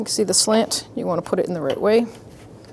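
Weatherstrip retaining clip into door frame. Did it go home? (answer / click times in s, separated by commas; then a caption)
no / none. A plastic retaining clip on the door weatherstrip of a 1997-2006 Jeep Wrangler, slanted toward the glass, is held ready to be pushed into its hole in the door frame while someone talks. The clip is handled but not yet home, and nothing has seated or clicked yet.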